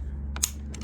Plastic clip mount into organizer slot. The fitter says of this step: locks into place won't come off and now